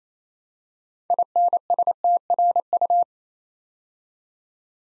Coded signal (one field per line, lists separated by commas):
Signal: Morse code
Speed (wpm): 27 wpm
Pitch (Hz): 700 Hz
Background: none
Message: INSTRU